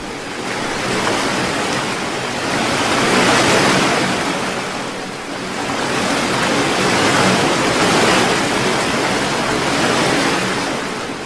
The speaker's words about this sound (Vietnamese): Chẳng rõ những đợt sóng ấy từ đâu tới, nhưng tất cả thảy đều như muốn đẩy con thuyền nhỏ của họ phải lui về. Dưới ánh sáng đèn pha, sóng lớn dựng lên như một bức tường trắng loá, không khác nào thiên quân vạn mã đang ào ạt xông tới.